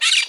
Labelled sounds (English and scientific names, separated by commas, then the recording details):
Brown-throated Parakeet (Eupsittula pertinax) contact call
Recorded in Margarita
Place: San Francisco, near stadium
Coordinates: 11.018, -64.294